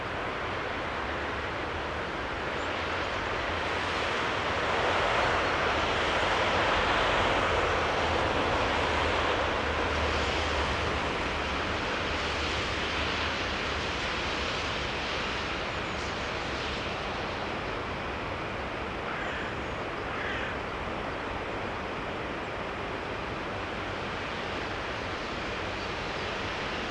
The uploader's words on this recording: Soundscape - Lauterbach Church. At the cemetery with the view of the church.